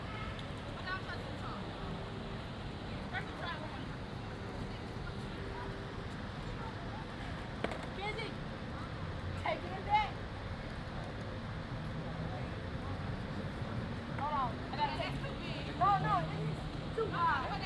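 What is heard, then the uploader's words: Skaters practice in an outdoor park while people talk and stroll, a steady murmur of voices filling the scene. Sharp clacks and board impacts stand out around 8, 10 and 16 seconds, and a low rumble of passing traffic runs underneath throughout. Skaters Practicing at Lake Eola Park (Orlando, Florida). I sat under a tree at Lake Eola Park in Orlando, Florida as a group of skaters practiced tricks, people strolled.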